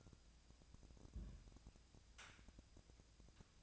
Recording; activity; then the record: daily activity, microphone in the room; place on stove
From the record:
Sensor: 2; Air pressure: 999.9 hPa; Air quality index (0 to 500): 123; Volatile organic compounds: 2 ppm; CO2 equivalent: 1061 ppm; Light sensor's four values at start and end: 35/86/38/42 and 35/86/38/43